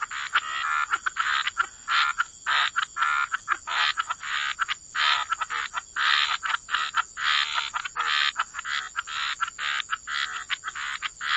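Frog chorus, a dense run of short raspy croaks in quick succession, over a steady high-pitched hum.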